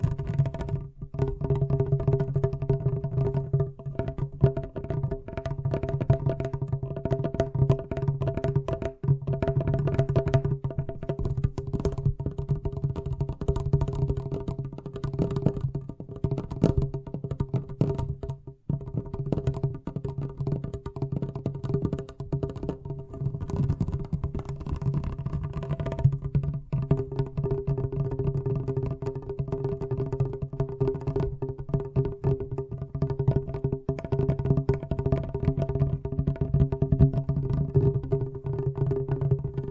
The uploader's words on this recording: ASMR Braingasm Inducing Fast Tapping (No Talking).